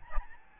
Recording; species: mosquito wingbeat signal from an infrared sensor; Aedes albopictus